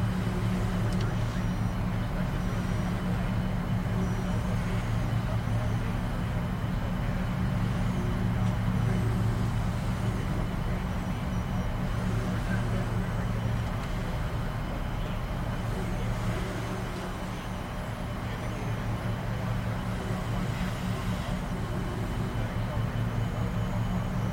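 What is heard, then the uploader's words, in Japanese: A shuttle's delicate hum drones steadily and low throughout, dense and unchanging in level, with a few faint brief sounds surfacing now and then. NASAの宇宙シャトル内で最も穏やかで雰囲気のある音をお届けします。このエピソードでは、シャトルの繊細なブーンと柔らかなビープ音を体験できます。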